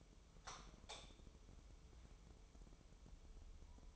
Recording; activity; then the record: daily activity, microphone in the room; light on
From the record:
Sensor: 1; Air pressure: 988.4 hPa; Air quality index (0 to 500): 198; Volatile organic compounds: 998 ppm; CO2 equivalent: 5276 ppm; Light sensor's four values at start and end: 8/21/8/10 and 12/37/14/15